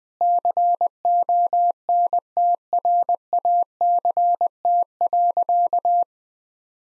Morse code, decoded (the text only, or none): CONTRACT.